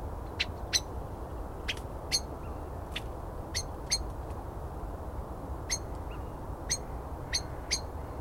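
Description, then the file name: Common blackbird calls: sharp, metallic clicking 'chink' notes repeated at irregular intervals, roughly a dozen, over a steady low rumbling background. "Turdus merula"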